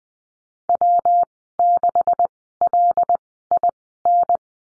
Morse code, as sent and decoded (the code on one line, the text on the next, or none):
.-- -.... .-.. .. -.
W6LIN